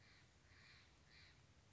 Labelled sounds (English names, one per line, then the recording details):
Steller's Jay
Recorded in Sonoma County, California